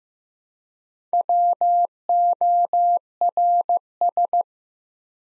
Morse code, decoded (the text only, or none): WORS